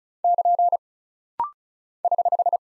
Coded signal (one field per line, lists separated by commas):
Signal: Morse code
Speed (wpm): 36 wpm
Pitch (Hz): 700 Hz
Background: none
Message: <KN> <HH>